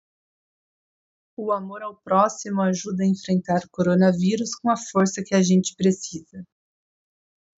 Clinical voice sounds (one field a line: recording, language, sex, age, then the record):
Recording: spoken sentence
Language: Brazilian Portuguese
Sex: female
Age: 30 to 39 years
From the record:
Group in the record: control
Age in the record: 30 years